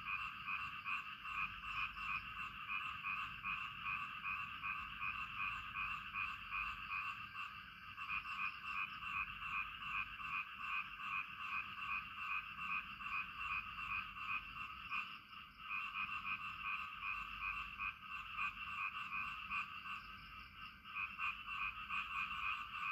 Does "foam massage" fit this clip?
no